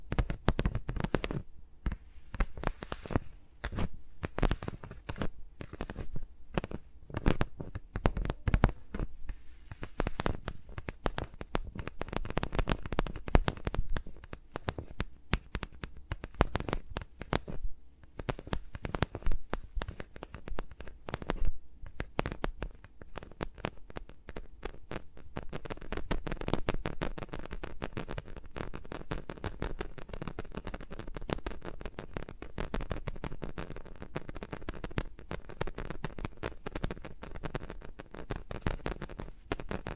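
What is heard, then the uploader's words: Fingers move around microphones, making a dense stream of sharp clicks, taps and crackling rubs with a low thumping rumble underneath. The sounds come quickly and irregularly throughout. After about twenty-five seconds they blur into a steadier, softer rustling texture. ASMR with Mics Around My Fingers (No Talking).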